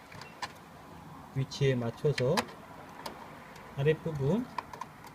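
A DDR3 memory module is lined up with the DIMM slot on a motherboard, lower part first, while someone talks, with a few faint handling ticks. The clip ends before the module goes home, so nothing has seated or clicked yet.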